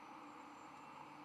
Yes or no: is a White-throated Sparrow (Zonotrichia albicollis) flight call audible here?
no